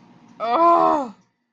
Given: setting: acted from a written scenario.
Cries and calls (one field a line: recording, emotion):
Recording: vocal sound without words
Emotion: pain